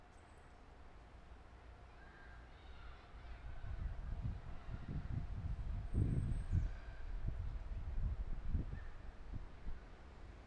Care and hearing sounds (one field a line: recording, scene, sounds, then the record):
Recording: everyday scene through a hearing-aid microphone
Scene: wind on the microphone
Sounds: squally wind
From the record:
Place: parking lot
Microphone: behind the ear, left, front